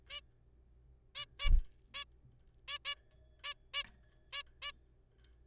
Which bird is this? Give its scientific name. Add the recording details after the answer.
Taeniopygia guttata. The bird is a juvenile. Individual R3428